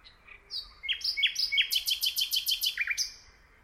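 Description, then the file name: Common nightingale singing: whistled slurred notes building into a fast, evenly repeated series of emphatic chirping notes, ending with a short downward flourish. "Luscinia megarhynchos"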